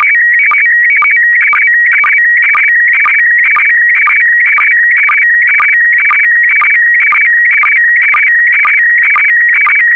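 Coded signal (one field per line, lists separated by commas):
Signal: SSTV (slow-scan television)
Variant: PD120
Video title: (01 of 12) ISS Expedition 67 - MAI-75 April 2022 - Retransmission SSTV PD120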